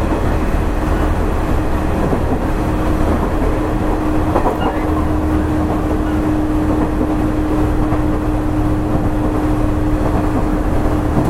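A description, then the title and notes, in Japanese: A Nishitetsu 5000 series train runs with a steady low rumble and a constant motor whine, dense and unchanging throughout. 西鉄5000系 普通 二日市から薬院まで。西日本鉄道 5000系電車の走行音です。大牟田線の普通列車で録音しました。It is running noise of Nishitetsu railway 5000 series train.I recorded on a local train at Omuta Line.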